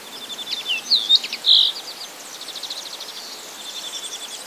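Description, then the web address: Common linnet song with a few loud whistled notes early, then a fainter rapid chattering trill continuing to the end. "wroblowe kolekcja makolagwa"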